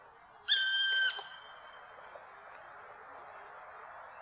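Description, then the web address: Black woodpecker call: a single drawn-out, clear ringing whistle lasting over half a second, then steady background hiss. "fuglelyder svartspett"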